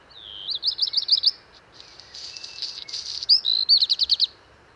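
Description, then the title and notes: Black redstart gives a high quick trill of looping notes, then a dry scratchy crackle and another short fast trill, all high-pitched against a quiet background. Singing from top of a large lime tree, early morning, 19 March 2019, Val Maravel, Drôme, France; first of season; crumpled song; Wildtronic parabola, two MKH8020, MixPre-3. "Val Maravel - Drôme. chant du Rouge-queue noir"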